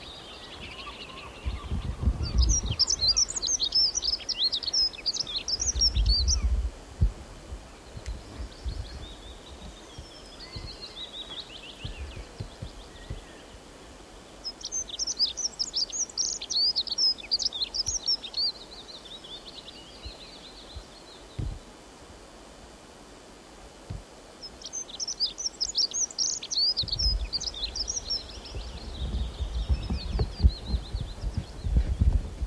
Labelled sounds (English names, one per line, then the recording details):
Dunnock song
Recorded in the wild
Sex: male
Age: adult
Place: Halbinsel Kindo, Karelien, RU
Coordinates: 66.5517, 33.0875
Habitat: taiga
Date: 1996-06-21
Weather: fair, few clouds, ca. 6-8°C
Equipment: Sony WM-D6C, Sennheiser MKH 70, Windkorb, Kopie Revox C 270
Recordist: Frommolt, Karl-Heinz
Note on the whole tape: Am Mastenweg - Mast 8. Gesang. Singt in Spitze einer hohen Fichte (ca. 25 m). Tier deutlich erkannt. Entfernung min. 15 m. Am Anfang Störung (Brummen) durch Hochspannungsleitung. Forts